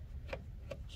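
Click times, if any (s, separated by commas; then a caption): 0.3 s, 0.7 s. The frame edge of an embroidery hoop is pressed into the outer hoop, working around it so it locks in all the way around. Two short, sharp snaps are heard at 0.3 s and 0.7 s over a low, steady background hum. The hoop snaps locked around the edge and is seated.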